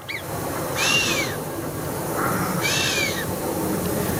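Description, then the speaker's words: Chamois blowing through its nose, two breathy hissing snorts each carrying a thin arched whistle, about two seconds apart, over steady rushing background noise. Mountain call made through the nose, a blowing whistle likened to playing a trumpet or kazoo. "Encore un mammifère, et il fait ça avec le nez. C'est le chamois. C'est le chamois qui souffle comme ça en sifflant."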